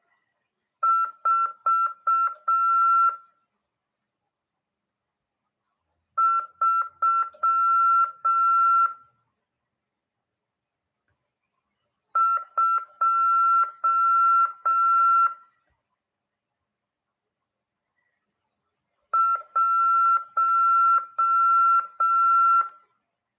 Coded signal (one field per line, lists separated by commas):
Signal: Morse code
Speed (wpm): 6 wpm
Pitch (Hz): 1350 Hz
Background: none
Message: 4321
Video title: RADIOAMADOR 1ªEd. 15/2/2023 "AULA 16 CW, LEGIS e C.RODADA" PY2EXU PAULO SP/SP CRASP FM 146.410 Mhz.